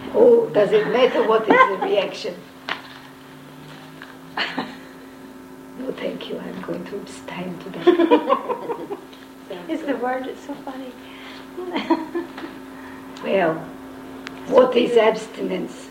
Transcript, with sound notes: Ohh does it matter what is the reaction - no thank you I’m going to abstain today. (Laughter) It’s the word that’s so funny. Well what is abstinence?